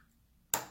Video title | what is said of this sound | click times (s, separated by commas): Ersatz Schlüssel Gehäuse wechseln passend für Mercedes | jetzt ist eingerastet und | 0.5 s